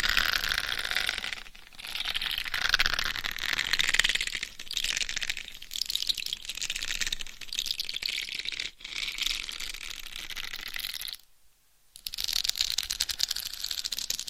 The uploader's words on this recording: ASMR Binaural Head Mic Scratching INTENSE Head & Scalp Massage for 100% Sleep No Talking.